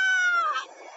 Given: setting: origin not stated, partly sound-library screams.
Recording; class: one-second piece from a danger detection set; woman in danger